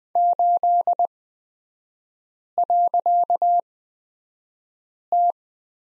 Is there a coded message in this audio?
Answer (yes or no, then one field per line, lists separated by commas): yes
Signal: Morse code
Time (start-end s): 0.2-5.3 s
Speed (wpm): 20 wpm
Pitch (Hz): 700 Hz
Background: none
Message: 8.T